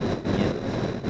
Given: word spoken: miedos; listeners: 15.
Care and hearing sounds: one Spanish word in noise, from a listening test; noise modulated by three-talker babble; -6.5 dB; 2 of 15; 7 of 15; 0.70 s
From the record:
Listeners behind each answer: 7, 2, 1, 1, 1, 1, 1, 1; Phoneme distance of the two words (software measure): 7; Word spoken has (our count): 2 syllables, 6 phonemes, stress on syllable 1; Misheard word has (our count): 2 syllables, 5 phonemes, stress on syllable 1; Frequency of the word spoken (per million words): 5.65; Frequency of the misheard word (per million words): 118.30

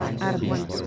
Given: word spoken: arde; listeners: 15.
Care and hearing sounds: one Spanish word in noise, from a listening test; eight-talker babble; -2.1 dB; 0 of 15; 9 of 15; 0.47 s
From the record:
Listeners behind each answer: 9, 3, 1, 1, 1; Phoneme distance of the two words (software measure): 31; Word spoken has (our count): 2 syllables, 4 phonemes, stress on syllable 1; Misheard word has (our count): 3 syllables, 7 phonemes, stress on syllable 2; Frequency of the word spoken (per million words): 3.48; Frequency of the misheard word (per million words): 0.75

